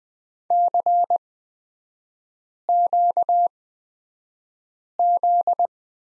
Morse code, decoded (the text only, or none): CQZ